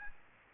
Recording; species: mosquito wingbeat signal from an infrared sensor; Aedes aegypti